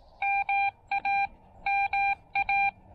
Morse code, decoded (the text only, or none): MA MA